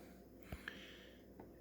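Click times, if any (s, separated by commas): 0.7 s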